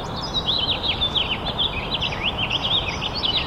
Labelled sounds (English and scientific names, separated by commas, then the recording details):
House Finch (Haemorhous mexicanus) song
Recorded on Long Island, New York, on 8 April 2011
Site BN
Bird B